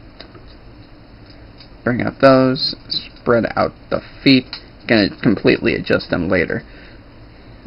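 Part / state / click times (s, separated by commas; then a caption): plastic transforming figure joint twisted into its locked position / seated / 0.2 s. A part of a plastic Starscream transforming figure (TF Prime First Edition) is twisted around during transformation until the joint locks into its position. A single sharp click is heard at 0.2 s, and then someone talks. The joint is seated and locked in place.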